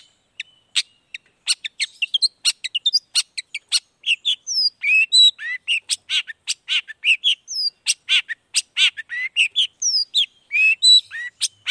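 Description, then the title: Long-tailed shrike singing a fast, varied song of sharp ticks, short whistles and slurred notes, delivered almost continuously. Indonesian cendet heard in the morning, singing chattily ('gacor') with a 'toet toet' variation; the song is used to provoke other shrikes into responding quickly. "Langsung NYAUTTTTT ! Cendet Gacor Dor Di Kala Pagi Toet Toet Variasi Suara J. Cendet Gacor Langsung Nyaut Emosi Hanya dengan Sekali Putar Bikin Cendet Lainya Cepat Respon Bunyi"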